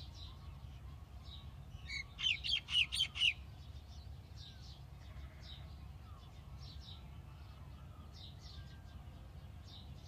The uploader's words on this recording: New Zealand Hobbiton Bilbo Baggins’ Dawn Chorus 2023. Matamata Dawn Chorus.